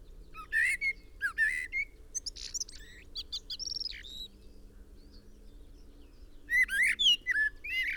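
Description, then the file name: Common blackbird song: phrases of slurred whistles and squeaky twitters, a softer rambling section in the middle, then a loud final burst. "Turdus merula"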